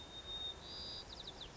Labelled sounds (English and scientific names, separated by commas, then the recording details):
White-crowned Sparrow (Zonotrichia leucophrys)
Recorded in Sonoma County, California